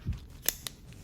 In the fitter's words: and so we have a whole section there all snapped into place